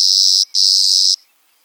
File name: Clay colored Sparrow